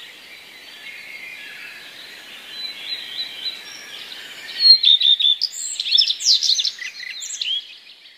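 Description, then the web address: Common redstart song: faint, soft warbling that swells into a louder phrase of quick high notes and scratchy, varied chirps, then tapers off. Common redstart song containing mimicked phrases borrowed from other passerine songbirds. "wroblowe zapozyczenia pleszka"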